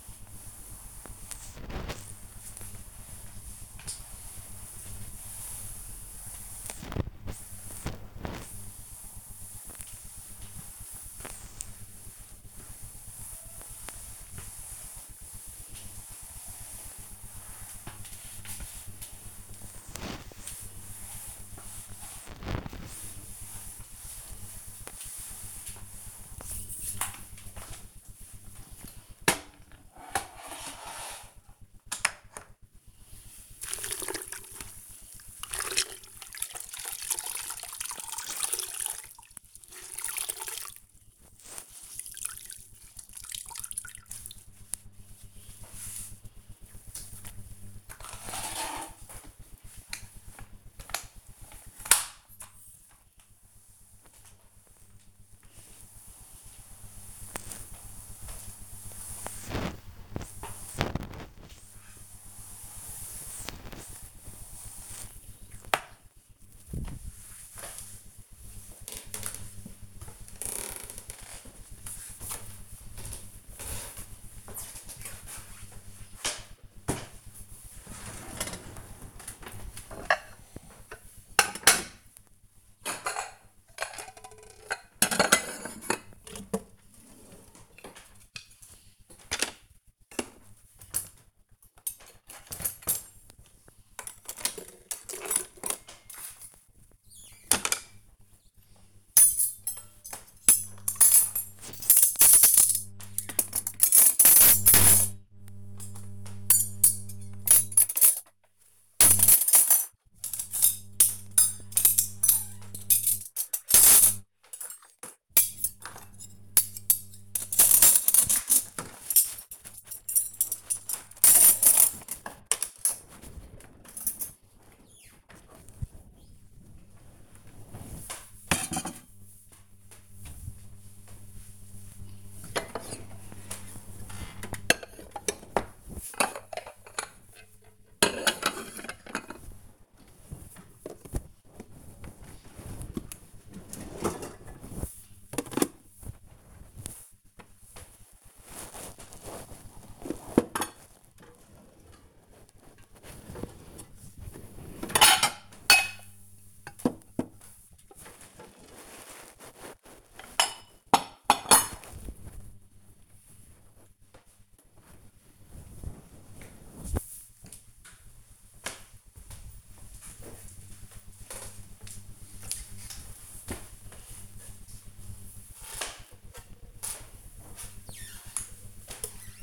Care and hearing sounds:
household activities, microphone on the right wrist
0.00-65.52 s: floor cleaning
75.56-161.15 s: putting away the dishes
174.22-179.43 s: watering plant

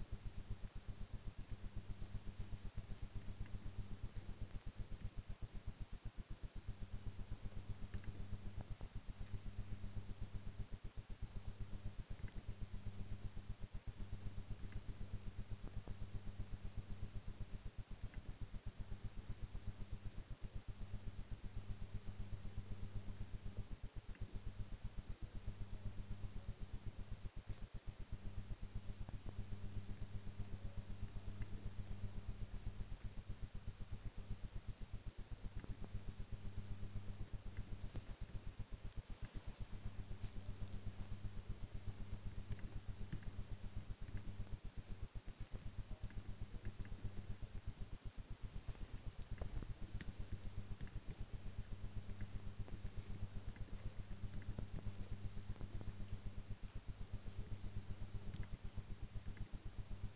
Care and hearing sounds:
household activities, microphone on the right wrist
0.00-53.44 s: working on the computer

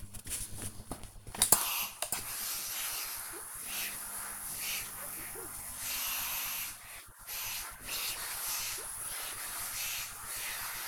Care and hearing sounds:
household activities, microphone on the right wrist
0.00-10.88 s: ironing laundry

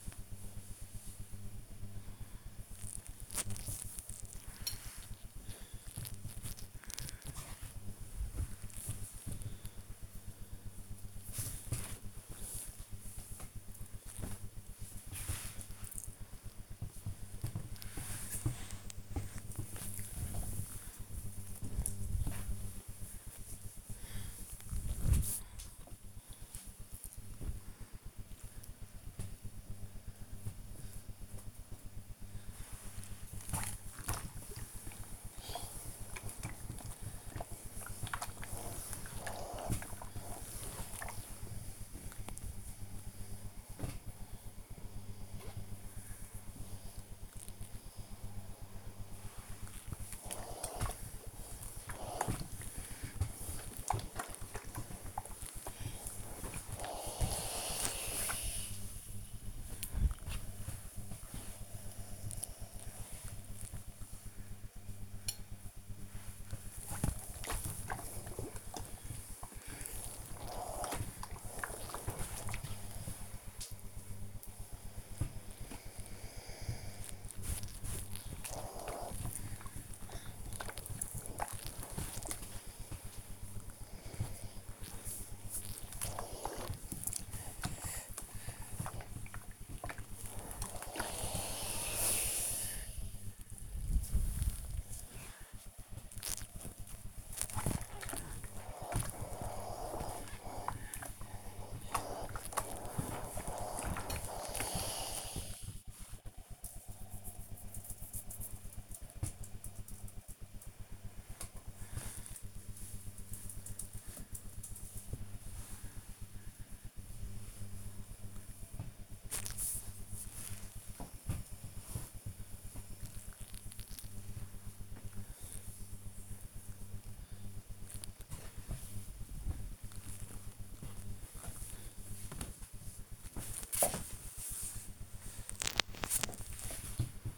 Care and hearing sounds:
household activities, microphone on the right wrist
0.00-13.96 s: folding laundry
16.99-105.57 s: ironing laundry
110.60-131.72 s: folding laundry

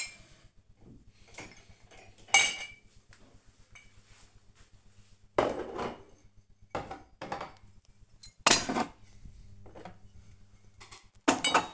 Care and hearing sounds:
household activities, microphone on the right wrist
0.00-11.74 s: cleaning out the dishwasher

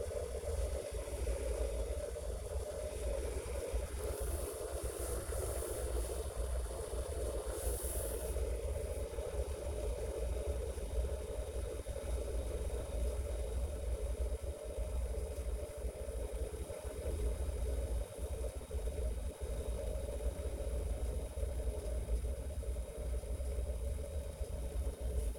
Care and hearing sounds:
household activities, microphone on the right wrist
0.00-25.39 s: making tea

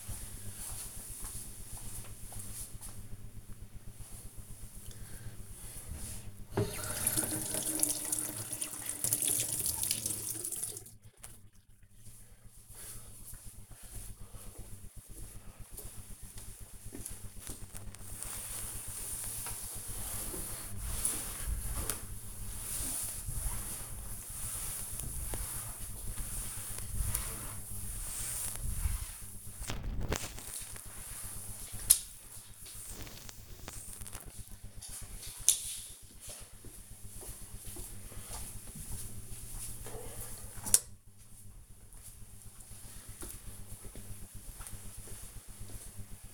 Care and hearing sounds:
household activities, microphone on the right wrist
4.84-35.06 s: cleaning table

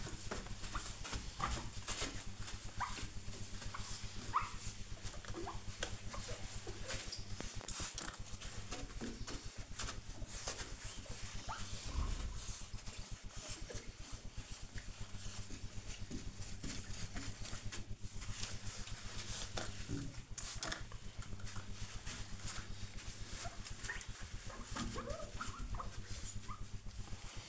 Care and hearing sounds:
household activities, microphone on the right wrist
0.00-27.49 s: window cleaning

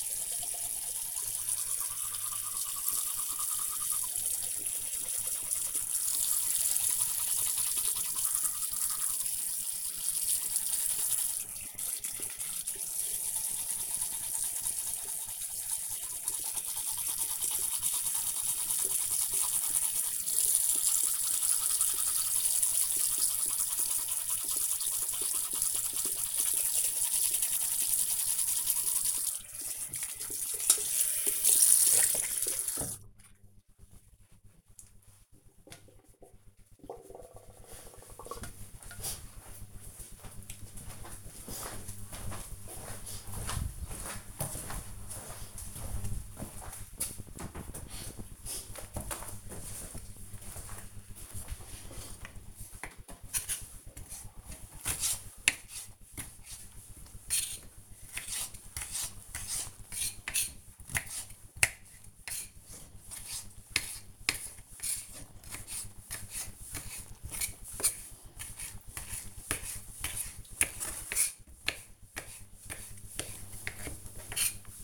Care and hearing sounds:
household activities, microphone on the right wrist
0.00-33.82 s: brushing teeth
51.98-74.84 s: cutting vegetables

